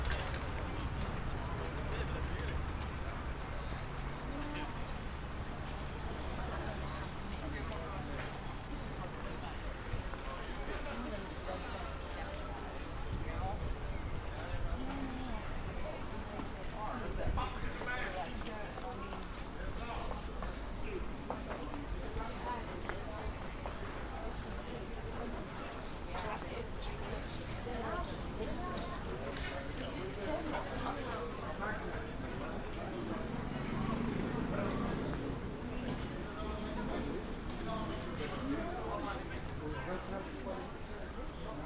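A binaural field recording in Amsterdam: a steady crowd of chattering voices and clattering footsteps, with a low rumble during the first ten seconds.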